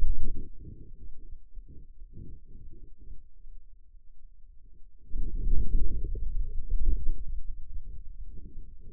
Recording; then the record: forearm muscle sounds (acoustic myography)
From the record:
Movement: wrist flexion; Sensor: system 2, bracelet of six BSWA MPA416 microphones around the upper forearm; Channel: 6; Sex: male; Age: 22 years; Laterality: right